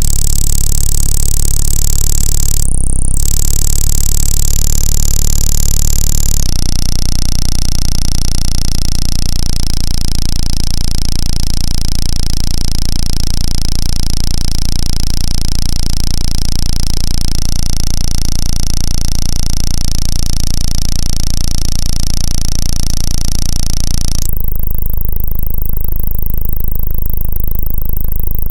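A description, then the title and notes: Electronic buzzes and pulses, dense and steady, with a low rumbling drone underneath and stacked bright tones held in long blocks. The sound shifts abruptly around 3, 6, 17 and 24 seconds, including a brief squall near 3 seconds, and the final stretch turns darker and duller. Setup my trusty old EURORACK UB802 with cheap guitar cables from CRTL ROOM OUT L to 1, CRTL ROOM OUR R to 2 & FX SEND TO LINE IN 3/4 L & then spent hours on the floor recording squalls, buzzes and pulses to Audacity.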